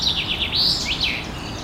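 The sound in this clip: Common chaffinch chirping calls, a quick run of high, sweeping notes that rise and fall, over a low steady background hum.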